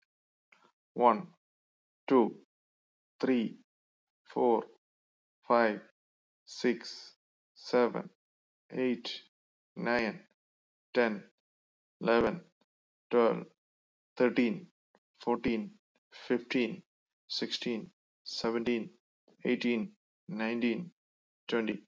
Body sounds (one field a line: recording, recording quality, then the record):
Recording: counting at a normal pace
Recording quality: excellent, no background noise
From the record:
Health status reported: exposed to COVID-19, no respiratory illness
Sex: male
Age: 49 years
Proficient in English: yes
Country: United States